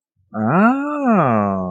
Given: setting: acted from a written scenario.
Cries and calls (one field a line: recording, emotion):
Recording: vocal sound without words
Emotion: interest